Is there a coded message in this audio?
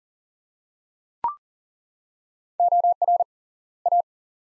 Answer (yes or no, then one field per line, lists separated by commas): yes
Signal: Morse code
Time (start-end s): 2.6-4.0 s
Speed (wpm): 40 wpm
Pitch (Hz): 700 Hz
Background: none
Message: OR A